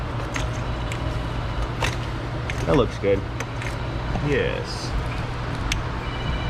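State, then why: Seated. A dash component is pushed home into its mount behind the car dashboard, and one sharp click is heard at 5.7 s. The part is seated. Someone talks over a steady low background hum.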